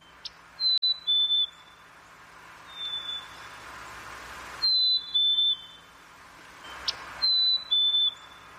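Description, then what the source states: Black-capped chickadee singing clear, pure whistles: two-note phrases stepping down slightly in pitch, repeated a few times, over faint background hum and a few clicks. Springtime call, said to sound like 'cheeseburger' or 'hey, sweetie'.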